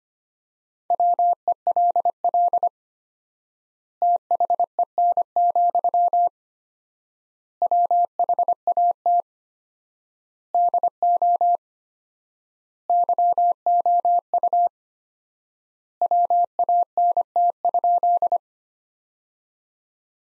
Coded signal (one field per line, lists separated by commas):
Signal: Morse code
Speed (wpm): 25 wpm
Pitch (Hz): 700 Hz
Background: none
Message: WELL THEN, WHAT DO YOU WANT?